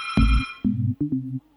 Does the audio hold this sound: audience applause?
no